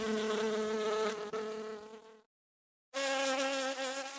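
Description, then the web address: Bee buzz, an even, low-pitched drone with a clear hum, broken by one short silent gap before resuming steadily. "пчела"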